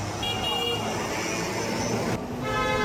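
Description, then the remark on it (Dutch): Steady road traffic in Italy rumbles throughout while car horns honk, one blaring early on and another sounding again near the end, their bright tones riding over the engine noise. “De Italianen rijden als gekken.”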